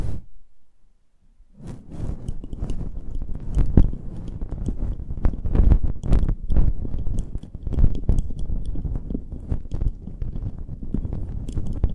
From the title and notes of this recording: ASMR Close Up Mic Treatment Tingle Galore (No Talking).